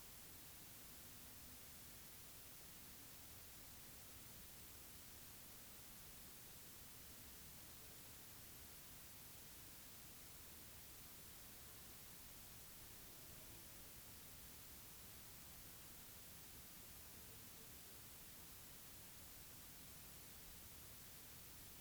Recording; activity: daily activity, guitar pickup as the sensor; stand